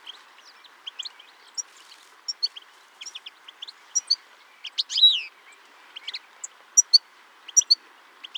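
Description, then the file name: European goldfinch calls: bright, tinkling chirps and short twitters scattered irregularly, with one louder liquid note near the middle, over a faint steady background hiss. "Carduelis carduelis"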